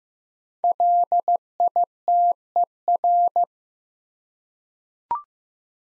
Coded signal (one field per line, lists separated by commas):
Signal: Morse code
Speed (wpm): 15 wpm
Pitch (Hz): 700 Hz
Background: none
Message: LITER